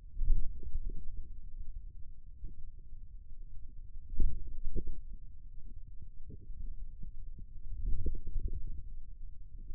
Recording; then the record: forearm muscle sounds (acoustic myography)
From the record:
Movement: wrist flexion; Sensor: system 2, bracelet of six BSWA MPA416 microphones around the upper forearm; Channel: 3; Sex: male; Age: 22 years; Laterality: right